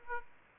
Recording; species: mosquito wingbeat signal from an infrared sensor; Aedes aegypti